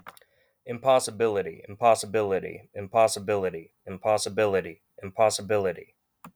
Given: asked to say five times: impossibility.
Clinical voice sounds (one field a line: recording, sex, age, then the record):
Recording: repeated word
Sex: male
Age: 30 to 39 years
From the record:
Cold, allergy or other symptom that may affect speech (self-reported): no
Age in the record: 30 years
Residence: Ohio, United States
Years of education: 17